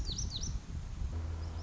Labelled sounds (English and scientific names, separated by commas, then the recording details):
Lazuli Bunting (Passerina amoena)
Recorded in Sonoma County, California